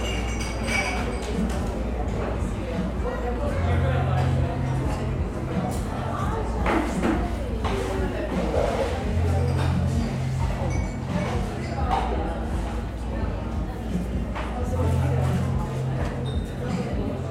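Busy coffee shop chatter fills the whole stretch, many voices overlapping in a steady murmur. Cups and dishes clink now and then, and a low droning hum rises in three spells, around 4, 9 and 15 seconds, like a machine running underneath.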